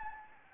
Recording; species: mosquito wingbeat signal from an infrared sensor; Anopheles gambiae